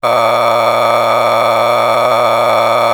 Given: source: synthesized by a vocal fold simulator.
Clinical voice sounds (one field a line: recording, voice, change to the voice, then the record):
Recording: sustained vowel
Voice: male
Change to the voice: a random mix of aspiration noise, stiffness perturbation and strain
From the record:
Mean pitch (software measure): 117 Hz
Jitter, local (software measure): 3.49%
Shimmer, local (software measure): 12.0%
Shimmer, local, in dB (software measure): 1.10 dB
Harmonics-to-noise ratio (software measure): 5.6 dB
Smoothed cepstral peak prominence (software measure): 12.2 dB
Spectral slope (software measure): -12.6 dB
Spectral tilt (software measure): -9.9 dB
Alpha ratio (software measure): -3.1 dB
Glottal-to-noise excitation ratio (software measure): 0.907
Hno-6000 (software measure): 1.8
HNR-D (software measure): 17.8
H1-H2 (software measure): 1.6 dB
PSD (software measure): 3.5e-04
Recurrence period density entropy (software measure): 0.134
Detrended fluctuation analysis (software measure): 0.0320